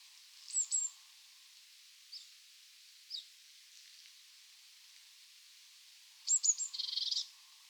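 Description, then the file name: Eurasian blue tit calls: thin high notes early, a few scattered faint chips, then high notes running into a short buzzy churr near the end. "Cyanistes caeruleus"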